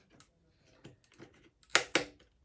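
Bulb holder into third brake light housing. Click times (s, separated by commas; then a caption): 1.8 s. The plastic bulb holder, fitted with a 5 W 12 V bulb, is pushed into its retaining clip in the third brake light housing of a Renault Clio 3. Faint small taps and rustles come first, then a sharp, loud click at 1.8 s as it seats, followed by a second similar hit at about 2.0 s. The holder is seated in its mount.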